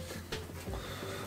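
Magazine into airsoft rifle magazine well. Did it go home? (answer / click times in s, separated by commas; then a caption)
no / none. An airsoft magazine is slid into the magazine well of a Silverback Desert Tech HTI airsoft rifle without being pushed fully home, giving a single light knock at about 0.3 s. Nothing has seated or clicked: the two locking claws have not engaged and the visible metal indicators on each side show the magazine is not locked.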